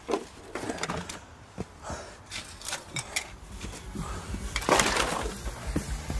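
A guitar, said to belong to someone's father, is snatched and smashed against the ground in a series of hard, cracking impacts with clattering and splintering, including a louder crunching burst near the end, with no voices.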